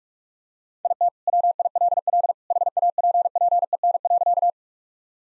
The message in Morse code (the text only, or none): IT WILL HAPPEN.